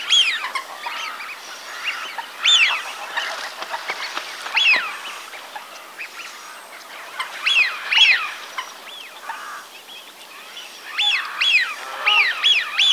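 Eurasian wigeon calling: sharp arched whistles in scattered clusters, some in quick pairs, over a steady wash of background noise.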